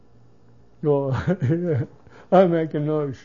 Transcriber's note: he laughs